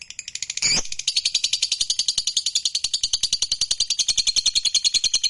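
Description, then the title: Lovebird in a rapid, continuous, buzzy chattering trill, high and grating, with one brief louder rasping note near the start. Lovebird described as a fighter bird, gacor (singing energetically). "SUARA Lovebird FIGHTER GACOR"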